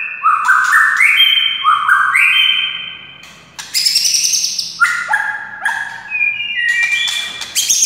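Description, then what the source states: White-rumped shama song, loud fluty whistled phrases stacked in steps, interspersed with scratchy chatter, with a brief pause midway. Wild forest bird.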